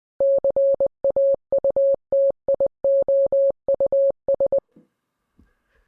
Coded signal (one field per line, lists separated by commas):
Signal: Morse code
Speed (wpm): 20 wpm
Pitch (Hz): 550 Hz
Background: none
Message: CAUTIOUS